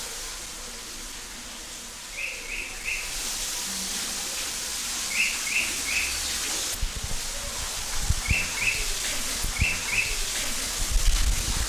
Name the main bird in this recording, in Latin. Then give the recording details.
Merops viridis. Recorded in captivity. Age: adult. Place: Zoo Berlin, Berlin, DE. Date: 1998-06-20 11:35. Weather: wolkig - heiter, 22°C. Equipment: Sony MD-WM MZ-R3, Sennheiser ME 80, Kopie Uher 4000 Report Monitor. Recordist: Tembrock, Günter. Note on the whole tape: Flugrufe in der Wasserfallanlage